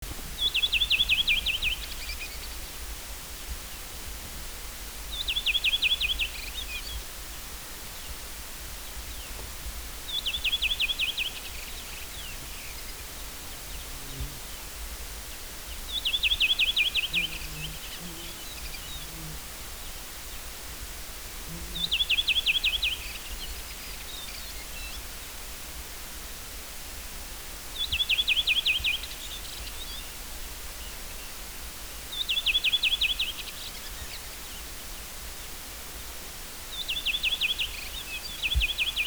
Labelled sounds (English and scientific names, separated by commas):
Redwing (Turdus iliacus) song